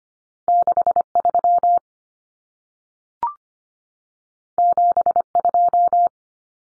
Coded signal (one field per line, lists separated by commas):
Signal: Morse code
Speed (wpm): 25 wpm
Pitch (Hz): 700 Hz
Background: none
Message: 63 72